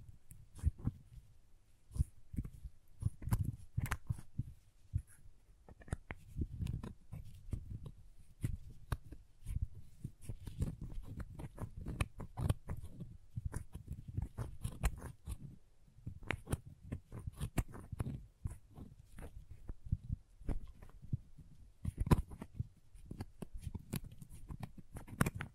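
Crayons tap, scrape and cut in a busy, irregular stream of sharp little clicks and dull knocks, with a soft low thud beneath many strokes. The activity runs steadily for the whole length, pausing briefly around the middle before resuming just as densely.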